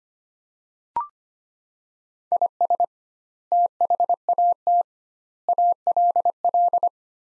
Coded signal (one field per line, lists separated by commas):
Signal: Morse code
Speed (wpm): 25 wpm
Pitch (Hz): 700 Hz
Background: none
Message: IS THAT ALL